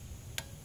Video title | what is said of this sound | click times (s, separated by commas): 2002 4.7 liter spark plug removal and installation | your click there's a click click click | 0.4 s